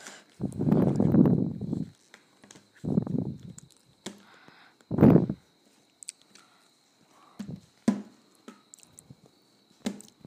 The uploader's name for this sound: ASMR Ramen Noodles